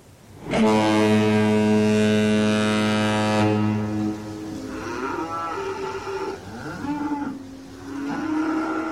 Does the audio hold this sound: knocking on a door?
no